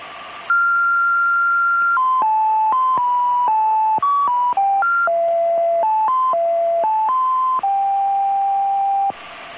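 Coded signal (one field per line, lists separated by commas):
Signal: numbers station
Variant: G16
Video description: Characteristics: Electric tones, Female voice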